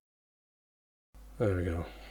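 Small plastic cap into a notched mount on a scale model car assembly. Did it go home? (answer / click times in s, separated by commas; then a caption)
no / none. A small plastic cap on a die-cast part of a Fanhome KITT Knight Rider scale model car (stages 91 and 92) is being turned toward its notched mount. After about a second of silence, faint handling noise begins at 1.2 s and someone talks briefly. The cap has not seated or clicked into place yet.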